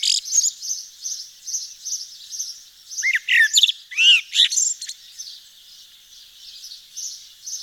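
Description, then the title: Eurasian blackbird giving one brief phrase of slurred, arching fluted notes with a scratchy finish, set against continuous rhythmic high-pitched chirping. Nord region, northern France. "Sylvain Jaskowiak - Mes piafs. Merle noir dans le Nord"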